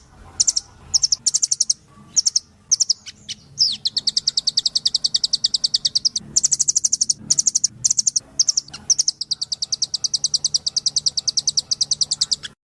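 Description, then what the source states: Spiderhunter song: long runs of rapid, high, sharp chips in fast trill-like bursts, broken by short pauses and a few separate notes. Vigorous, clear, long song; recording intended as a tutor track for training cage birds.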